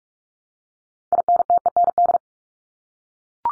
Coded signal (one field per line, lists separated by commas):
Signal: Morse code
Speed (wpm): 44 wpm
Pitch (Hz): 700 Hz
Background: none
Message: INTEND